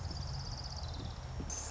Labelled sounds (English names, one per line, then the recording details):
Orange-crowned Warbler
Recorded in Sonoma County, California